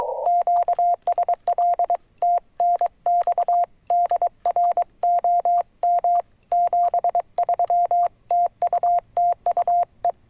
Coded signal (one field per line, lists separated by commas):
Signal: Morse code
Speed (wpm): 23 wpm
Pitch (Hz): 700 Hz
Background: radio noise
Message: QSL TNX DR OM 73 TU TU E